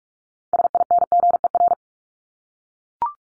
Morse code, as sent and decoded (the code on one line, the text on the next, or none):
... .. -. --. . .-.
SINGER